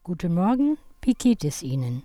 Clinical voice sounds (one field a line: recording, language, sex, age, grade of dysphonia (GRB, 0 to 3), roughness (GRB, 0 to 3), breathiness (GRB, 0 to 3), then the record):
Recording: spoken sentence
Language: German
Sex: female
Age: 60 to 69 years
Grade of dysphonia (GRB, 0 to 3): 2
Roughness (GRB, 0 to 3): 1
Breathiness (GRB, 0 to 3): 2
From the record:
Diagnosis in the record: functional dysphonia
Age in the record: 63 years